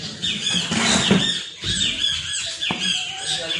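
Birds singing in a busy, overlapping chorus of high chirps, trills and squeaky twitters that carry on steadily throughout, fairly loud, with no one talking.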